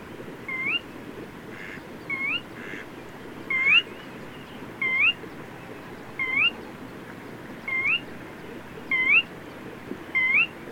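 A bird gives a short, clear, rising whistled note, repeated about every one and a half seconds, eight times, over a steady low background hiss.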